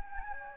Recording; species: mosquito wingbeat signal from an infrared sensor; Anopheles gambiae